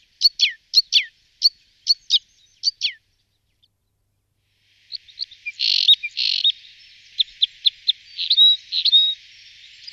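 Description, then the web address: Crossbill calls, sharp downward chip notes repeated in a quick series over three seconds, then a pause and a busier burst of chips and buzzy notes. "Klest"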